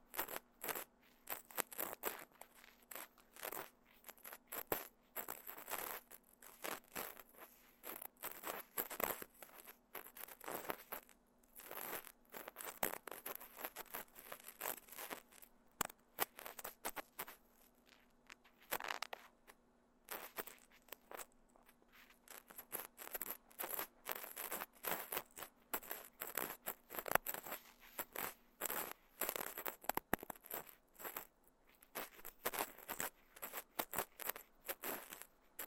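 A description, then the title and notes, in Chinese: Close ear-cleaning sounds: dense, irregular scratching and crackling clicks in quick bursts, bright and near, with brief quiet gaps and a faint steady hum. ASMR×KU100。掏耳．梵天．馬尾絲。Deep Ear Cleaning。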